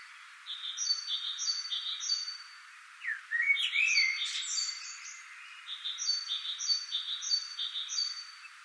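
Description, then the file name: Common blackbird: a single mellow, warbled phrase with a squeaky end in the middle, framed by another bird's quick series of repeated high notes before and after. "Turdus merula"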